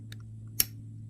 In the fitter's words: see here click